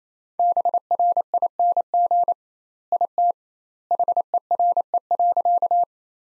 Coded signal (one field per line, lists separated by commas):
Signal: Morse code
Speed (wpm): 28 wpm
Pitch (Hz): 700 Hz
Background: none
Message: BRING IT HERE.